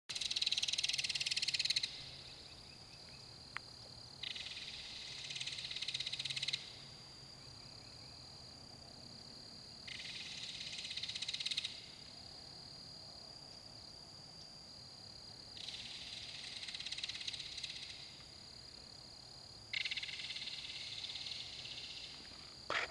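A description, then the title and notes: A Belted Kingfisher gives harsh, dry rattling bursts, each lasting two to five seconds and recurring every few seconds, bright. Between calls a steady high insect-like whine and a low, soft murmur continue in the background. Belted Kingfisher.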